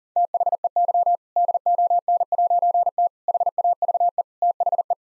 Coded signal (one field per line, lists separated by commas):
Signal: Morse code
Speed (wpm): 40 wpm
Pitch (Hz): 700 Hz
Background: none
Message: THEY DON'T HAVE THE